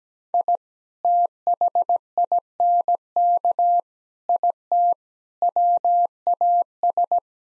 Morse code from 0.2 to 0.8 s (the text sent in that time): I